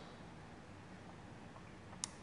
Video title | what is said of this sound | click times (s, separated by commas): Micrometer guide for ISC Physics 1 lab. | we hear the click and then | 2.0 s